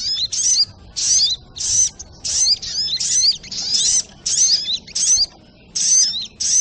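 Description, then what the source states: Spiderhunter singing shrill, tightly packed bursts of twittering, sweeping notes, roughly one burst every two-thirds of a second, separated by brief pauses. Training recording (masteran) of the labaik song style.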